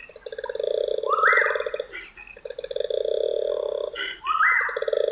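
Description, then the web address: Koala bellowing: throbbing, snore-like pulsed phrases, three in all, with a short rising whine at the end of the first and at the start of the third; a steady high hiss runs underneath. Recorded in September 2012. "2012 09 koala"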